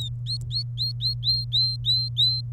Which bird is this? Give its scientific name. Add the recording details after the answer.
Serinus canaria. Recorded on 27 April 2018 at 14:14. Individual llb3